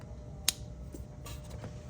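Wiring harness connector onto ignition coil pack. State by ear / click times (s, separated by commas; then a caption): seated / 0.5 s. A wiring harness electrical connector plug is pushed onto an ignition coil pack on a 1991–2005 NSX, with the coil pack inserted about three-quarters of the way down into its port. A single sharp, loud click sounds at 0.5 s over a low background hum, followed by a few faint rustles. The click shows the plug is fully seated.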